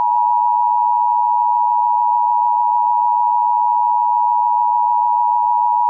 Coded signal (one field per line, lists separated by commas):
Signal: Emergency Alert System (SAME) tones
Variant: 853 and 960 Hz attention tone